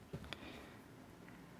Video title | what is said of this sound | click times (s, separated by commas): Apple Watch Series 4 Space Black Unboxing | and you hear a nice click. | 0.3 s